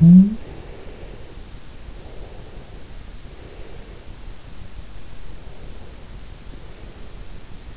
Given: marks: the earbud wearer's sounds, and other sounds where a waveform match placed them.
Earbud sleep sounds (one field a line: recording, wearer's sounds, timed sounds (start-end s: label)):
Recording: sounds in sleep by an in-ear microphone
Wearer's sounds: talking in sleep, breath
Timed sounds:
0.00-0.62 s: talking in sleep
1.99-4.05 s: breath
5.48-7.54 s: breath